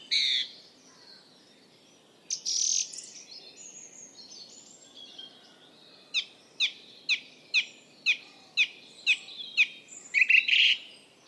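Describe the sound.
Bird gives a regular run of sharp, clipped chirps about twice a second, after earlier louder, rougher notes.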